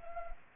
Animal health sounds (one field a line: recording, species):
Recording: mosquito wingbeat signal from an infrared sensor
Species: Anopheles gambiae